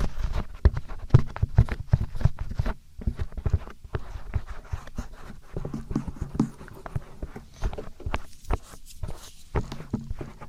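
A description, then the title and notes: An ASMR ear massage: dense, irregular rubbing and brushing against the microphone, with soft thuds underneath and crisp scratchy edges on top. The strokes come in quick uneven bursts, with brief pauses near three, four, eight and nine and a half seconds. ASMR Ear Massage. (No Talking).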